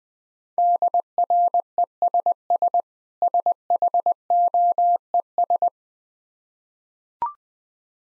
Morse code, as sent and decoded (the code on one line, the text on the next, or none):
-.. .-. . ... ... / ... .... --- . ...
DRESS SHOES